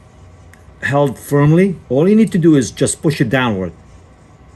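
A DIMM memory stick, inserted at an angle into the memory slot of an HP ProBook G450 laptop and held firmly, is about to be pushed downward while someone talks over faint background noise. A brief tap is heard at 0.5 s. Nothing has seated or clicked yet.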